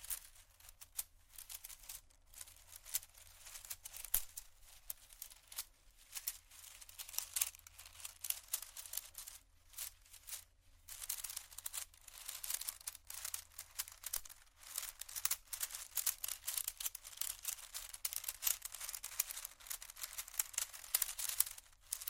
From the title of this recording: tapping, water, scratching, glass, bamboo